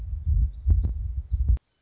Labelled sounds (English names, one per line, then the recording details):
Black-throated Gray Warbler
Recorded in Sonoma County, California